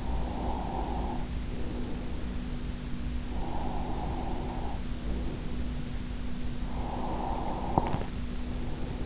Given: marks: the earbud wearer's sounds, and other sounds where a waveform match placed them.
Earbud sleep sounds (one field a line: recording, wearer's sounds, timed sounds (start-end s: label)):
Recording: sounds in sleep by an in-ear microphone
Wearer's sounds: breath, swallowing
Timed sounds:
0.06-2.67 s: breath
3.06-5.88 s: breath
6.54-9.06 s: breath
7.63-9.02 s: swallowing